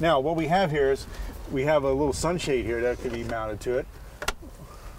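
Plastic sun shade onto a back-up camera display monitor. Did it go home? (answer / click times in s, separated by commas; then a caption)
yes / 4.3 s. Someone talks, then a clip-on plastic sun shade is pushed onto a 7-inch Voyager wireless back-up camera monitor and lands with a sharp plastic snap at 4.3 s. The sun shade is seated, snapped in place on the display.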